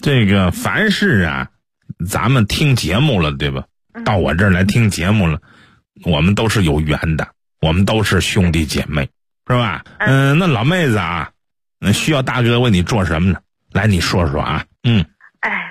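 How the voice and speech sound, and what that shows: Warm, fluent Mandarin from an adult man, a radio host on a Beijing radio program, in a low, steady voice with brief natural pauses; ordinary speech.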